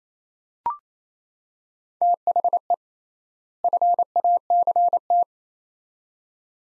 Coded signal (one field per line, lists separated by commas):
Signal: Morse code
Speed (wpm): 28 wpm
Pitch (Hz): 700 Hz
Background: none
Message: THE FACT